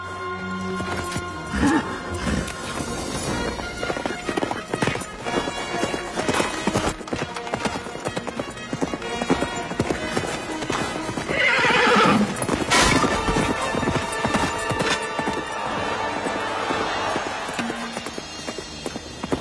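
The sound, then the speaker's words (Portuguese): In a Portuguese-dubbed film scene of a mounted combat contest, a horse whinnies loudly in a shrill, wavering burst partway through, while hooves clop steadily in a continuous, busy rhythm throughout. The rider is still on the horse. “Ele ainda tá no cavalo.”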